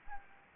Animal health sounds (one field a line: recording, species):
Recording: mosquito wingbeat signal from an infrared sensor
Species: Anopheles arabiensis